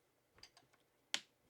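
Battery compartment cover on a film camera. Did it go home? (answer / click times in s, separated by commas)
yes / 1.1 s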